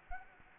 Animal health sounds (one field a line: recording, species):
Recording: mosquito wingbeat signal from an infrared sensor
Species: Anopheles gambiae